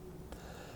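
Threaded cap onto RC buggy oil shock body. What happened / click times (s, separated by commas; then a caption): The threaded cap's thread dropped into engagement with a click / 0.3 s. A threaded cap is turned backwards on a filled, compressed RC buggy oil shock body until its fine thread drops into engagement with a small click at 0.3 s, before being screwed down. Against a steady low hum, the click is a brief, faint tick. The cap thread is seated and engaged.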